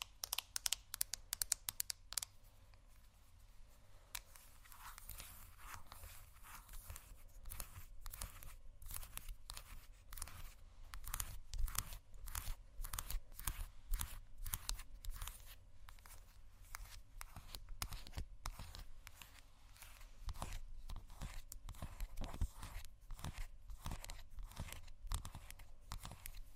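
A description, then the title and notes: Someone rummages through a makeup bag, producing a dense run of sharp clicks, rustles and clattering taps that continue throughout. Louder bursts of crinkling come near the start and again around twenty seconds, over a steady low hum. ASMR Rummaging Through My Makeup Bag （No Talking）.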